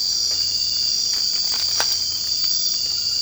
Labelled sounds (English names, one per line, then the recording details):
none
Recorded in secondary vegetation near Puerto Asís, Putumayo, Colombia, on 24 March 2025 at 00:30
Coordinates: 0.502, -76.326
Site G100